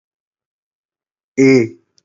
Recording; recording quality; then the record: sustained vowel as in made; excellent, no background noise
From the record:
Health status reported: COVID-19 positive, mild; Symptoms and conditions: cough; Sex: male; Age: 24 years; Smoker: not ticked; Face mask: worn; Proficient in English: yes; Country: India